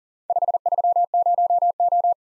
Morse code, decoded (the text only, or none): 530O